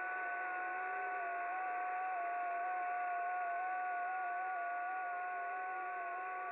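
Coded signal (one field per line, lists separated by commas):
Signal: FT8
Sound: several faint steady warbling tones held throughout, over band-limited hiss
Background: radio static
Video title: FT8 on 12 meter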